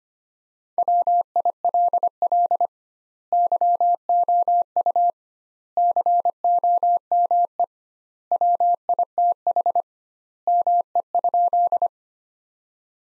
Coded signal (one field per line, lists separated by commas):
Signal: Morse code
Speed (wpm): 25 wpm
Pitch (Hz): 700 Hz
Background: none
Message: WILL YOU COME WITH ME?